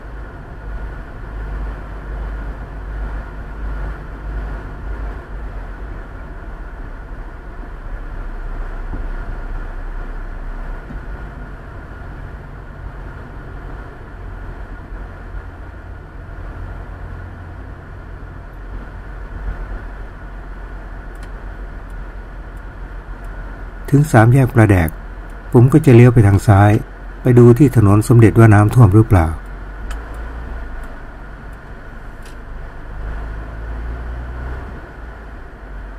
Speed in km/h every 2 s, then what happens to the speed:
38, 39, 38, 37, 35, 35, 33, 31, 32, 34, 33, 29, 24, 16, 11, 7, 13, 18.
0-20 steady at about 35. 20-29 slows to 7. 29-36 speeds up to 18.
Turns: 27-30.